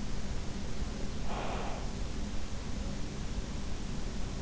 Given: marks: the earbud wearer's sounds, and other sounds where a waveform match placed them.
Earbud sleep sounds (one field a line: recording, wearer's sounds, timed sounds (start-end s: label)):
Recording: sounds in sleep by an in-ear microphone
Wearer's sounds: breath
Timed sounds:
0.84-2.05 s: breath